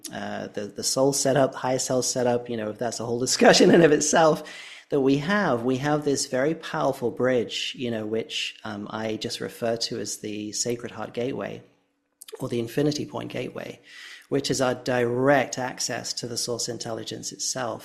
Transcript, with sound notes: the soul setup, higher self set-up, you know, that's a whole discussion (laughs) in and of itself, that we have, we have this very powerful bridge, you know, which, um, I just refer to as the sacred heart gateway or the infinity point gateway, which is our direct access to the source intelligence itself.